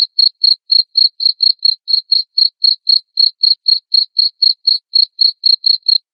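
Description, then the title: Cricket chirping: short, high, pure chirps repeated steadily about four times a second throughout, with no other sounds. Loud cricket chirping played to make lovebirds keep singing 'ngekek'. "Suara JANGKRIK NGERIK Keras Bikin LOVEBIRD Jadi NGEKEK Terus Vubey"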